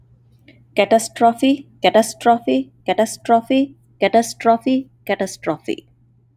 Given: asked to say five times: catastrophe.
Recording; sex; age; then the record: repeated word; male; 30 to 39 years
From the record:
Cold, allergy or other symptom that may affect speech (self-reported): no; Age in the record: 32 years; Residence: North Carolina, United States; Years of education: 16